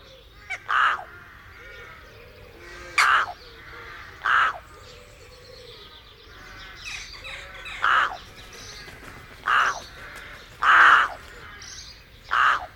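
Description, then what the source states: Rook calls, seven harsh, strangled-sounding caws repeated at irregular intervals. Higher, strangled-sounding notes.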